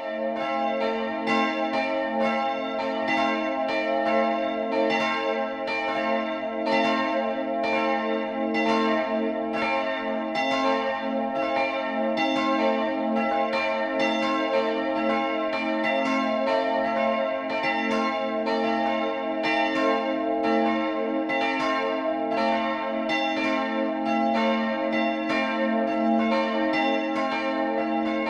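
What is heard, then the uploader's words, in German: Church bells ring the noon peal, several bells swinging together in a steady, dense pattern of overlapping strokes for the whole half minute. Each strike leaves a bright, shimmering ring above a low sustained hum, and the loudness stays even throughout. Laubenzedel in Mittelfranken, Ev.-Luth. St. Sixtuskirche. Zwölfuhrläuten aus der Evangelisch-Lutherischen St. Sixtuskirche in Laubenzedel in Mittelfranken.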